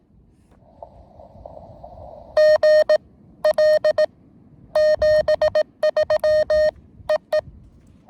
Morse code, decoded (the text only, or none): GL 73 EE